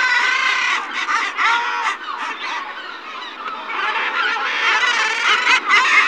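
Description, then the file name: Common murres giving harsh growling calls, many overlapping, forming a steady rolling din. "Alkoun uzkozoby Uria aalge"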